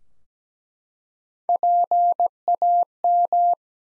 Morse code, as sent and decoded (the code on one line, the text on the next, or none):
.--. .- --
PAM